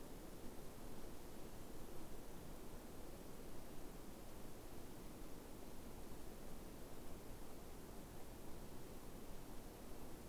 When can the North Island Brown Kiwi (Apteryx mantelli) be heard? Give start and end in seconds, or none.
none